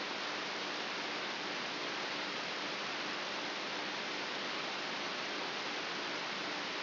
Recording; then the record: brain microelectrode recording played as sound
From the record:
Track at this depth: inside the subthalamic nucleus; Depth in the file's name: 3.04 mm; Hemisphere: right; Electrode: 3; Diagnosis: Parkinson's disease